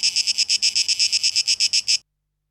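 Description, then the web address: A cicada's high pulsed buzz, about a dozen quick beats in two seconds, then silence. Cicadas, 12 August 2023, tape echo mix. "rauschpartikel 2023-08-12 Zikaden"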